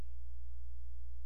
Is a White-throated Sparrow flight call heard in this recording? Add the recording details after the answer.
no. No flight call is heard. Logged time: 00:16 on 16 September 2014